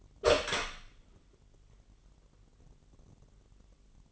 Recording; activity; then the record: daily activity, microphone in the room; open door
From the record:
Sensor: 4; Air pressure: 999.2 hPa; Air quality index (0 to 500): 115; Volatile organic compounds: 2 ppm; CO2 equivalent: 1134 ppm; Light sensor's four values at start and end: 12/29/12/13 and 12/29/11/13